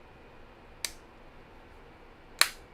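A bearing is pressed by hand into a 3D printed actuator part for a humanoid robot, with a fainter click at about 0.9 s over a quiet background hiss. A sharp, bright snap at 2.4 s is the bearing seating into place, and the fit is confirmed as good.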